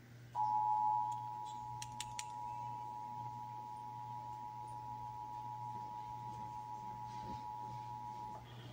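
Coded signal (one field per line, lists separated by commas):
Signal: Emergency Alert System (SAME) tones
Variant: 853 and 960 Hz attention tone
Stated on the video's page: Texas Required Monthly Test for October 2024, heard on several Dallas–Fort Worth radio and TV stations.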